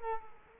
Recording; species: mosquito wingbeat signal from an infrared sensor; Culex quinquefasciatus